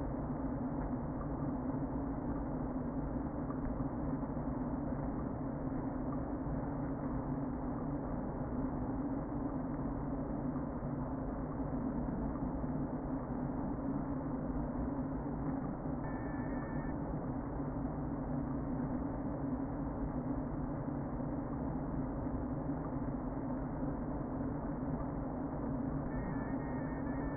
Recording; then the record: honeybee colony, microphone inside the hive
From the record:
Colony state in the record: queen present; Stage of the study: before two queens were removed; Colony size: about 60,000 bees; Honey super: yes